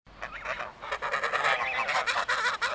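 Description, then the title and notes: Goose: geese honking continuously, several birds calling together in raucous, overlapping nasal honks throughout. Visit to our goose friends. "Unsere Freunde, die Gänse. Besuch bei unseren Gänse-Freunden"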